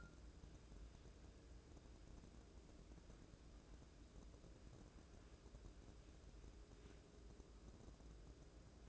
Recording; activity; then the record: daily activity, microphone in the room; wipe stove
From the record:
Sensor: 2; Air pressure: 1012.2 hPa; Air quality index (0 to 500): 157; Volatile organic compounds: 2 ppm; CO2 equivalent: 1147 ppm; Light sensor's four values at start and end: 442/1150/433/462 and 442/1145/433/461